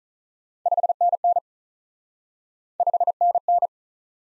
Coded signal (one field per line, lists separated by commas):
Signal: Morse code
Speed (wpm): 47 wpm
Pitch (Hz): 700 Hz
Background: none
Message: 5NN 5NN